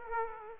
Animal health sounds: mosquito wingbeat signal from an infrared sensor; Aedes aegypti

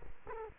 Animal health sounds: mosquito wingbeat signal from an infrared sensor; Culex quinquefasciatus

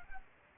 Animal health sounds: mosquito wingbeat signal from an infrared sensor; Anopheles arabiensis

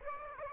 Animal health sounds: mosquito wingbeat signal from an infrared sensor; Aedes aegypti

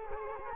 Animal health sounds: mosquito wingbeat signal from an infrared sensor; Culex quinquefasciatus

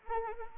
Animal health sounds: mosquito wingbeat signal from an infrared sensor; Anopheles arabiensis

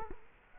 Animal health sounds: mosquito wingbeat signal from an infrared sensor; Culex quinquefasciatus

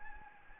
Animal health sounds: mosquito wingbeat signal from an infrared sensor; Anopheles gambiae

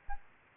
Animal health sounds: mosquito wingbeat signal from an infrared sensor; Aedes albopictus

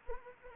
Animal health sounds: mosquito wingbeat signal from an infrared sensor; Anopheles arabiensis

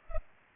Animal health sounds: mosquito wingbeat signal from an infrared sensor; Culex pipiens

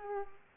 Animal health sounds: mosquito wingbeat signal from an infrared sensor; Culex pipiens

